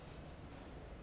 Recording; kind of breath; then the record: one breath in and out by a microphone near the nose and mouth; strong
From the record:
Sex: male